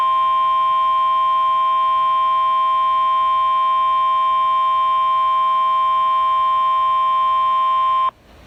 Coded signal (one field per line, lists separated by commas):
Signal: Emergency Alert System (SAME) tones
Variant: 1050 Hz attention tone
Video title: Required Weekly Test on NOAA Weather Radio (EAS #28) 2022/05/17